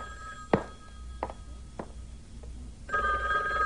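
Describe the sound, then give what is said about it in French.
A telephone bell rings with a steady, bright metallic trill toward the end, preceded by a few sharp knocks and clunks over a low background hum. “Oui, c'est le téléphone qui sonne.”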